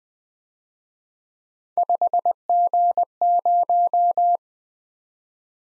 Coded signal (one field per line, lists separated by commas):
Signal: Morse code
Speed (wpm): 20 wpm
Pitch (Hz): 700 Hz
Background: none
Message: 5G0